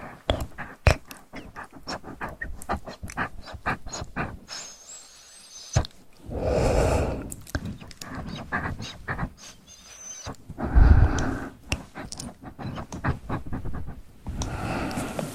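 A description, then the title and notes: Wet mouth sounds of stones and tongue stirring, with dense clicks and smacks, breathy swells near seven and eleven seconds. ASMR Stones and tongues stir in the mouth.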